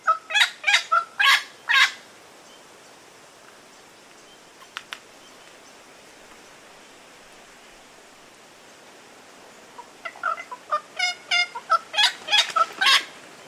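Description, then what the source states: Little Wattlebird song: loud, rasping, guttural phrases at the start, a long quiet spell with a couple of faint clicks, then another burst of harsh notes. Taking a bath and singing in Brisbane Water National Park on Gurungai country, Australia.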